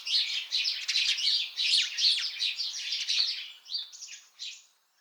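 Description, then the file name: House sparrows chirping, a dense chatter of many overlapping sharp chirps, then a few scattered chirps trailing off with short pauses. "Passer domesticus"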